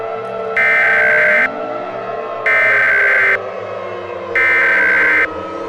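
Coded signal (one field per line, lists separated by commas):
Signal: Emergency Alert System (SAME) tones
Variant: header bursts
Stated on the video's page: Fictional EAS scenario.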